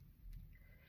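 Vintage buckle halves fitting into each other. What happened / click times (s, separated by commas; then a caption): The buckle halves are handled but not yet seated / none. The two halves of a vintage interlocking buckle from a collection are pushed together by hand, with a low, soft rumble of handling and a faint thin tone toward the end. Nothing has clicked or seated yet.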